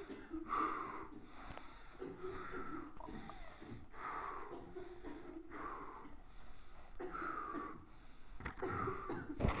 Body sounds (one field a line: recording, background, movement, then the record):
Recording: deep breathing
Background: a bystander coughing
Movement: walking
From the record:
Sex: male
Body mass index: 22.0 kg/m2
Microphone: on the chest, facing the body